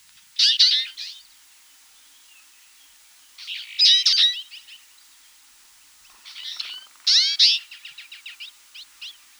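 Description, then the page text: Twite calling in clustered groups of bright, twanging chirps, three bursts spaced a couple of seconds apart, the last trailing into quick twitters. Nominate subspecies Acanthis flavirostris flavirostris; recorded in Russia. "Птицы России. Горная чечётка (Acanthis flavirostris flavirostris)"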